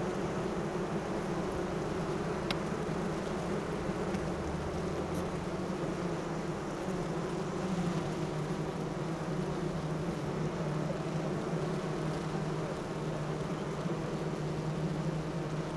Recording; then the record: honeybee colony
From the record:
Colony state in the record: active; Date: 12 June 2018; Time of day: 7:58